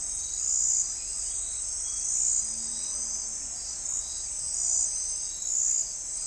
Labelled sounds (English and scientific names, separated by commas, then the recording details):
none
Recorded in forest near Pivijay, Magdalena, Colombia, on 3 June 2023 at 05:00
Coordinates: 10.467, -74.380
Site Z5-G034